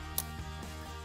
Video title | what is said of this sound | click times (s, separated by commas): 2021 Bronco Install - UPR Black Plug N Play Oil Separator for 2021 2.7L Broncos | click in place | 0.2 s